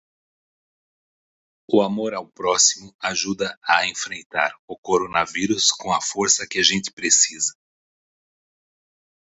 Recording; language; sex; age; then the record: spoken sentence; Brazilian Portuguese; male; 60 to 69 years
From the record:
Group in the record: control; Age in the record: 61 years